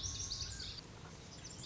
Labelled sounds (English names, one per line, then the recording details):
Lazuli Bunting
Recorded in Sonoma County, California